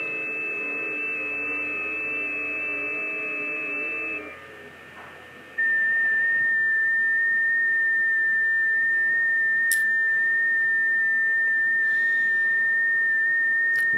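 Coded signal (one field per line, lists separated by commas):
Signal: FT8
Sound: a low humming drone, a short pause, then one steady mid-high tone that barely wavers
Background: hum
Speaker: let's see how long this goes I'm transmitting right now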